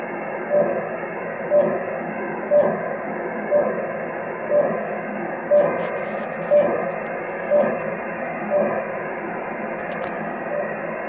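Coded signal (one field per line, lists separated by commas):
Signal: radio time signal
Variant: RWM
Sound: short beeps once every second, eleven in all, over hissy shortwave static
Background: radio static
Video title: RWM Russian Time Signal 4996kHz Moscow, Russia 12,562 km - 23NOV2018 0544UTC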